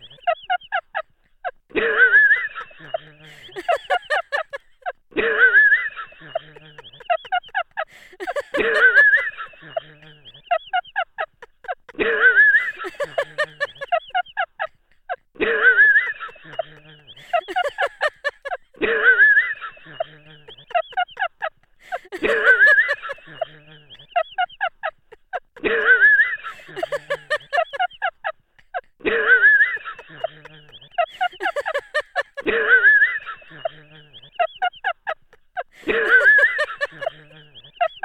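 Laughter in a completely dead, echo-free room, coming in short bursts of quick, choppy 'ha-ha' pulses roughly every three seconds. Each burst sounds nasal and honking, and dry, and the pauses between them are silent, with no room sound.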